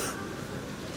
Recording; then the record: coughing mixed with background sound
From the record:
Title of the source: 34 coughing up crap again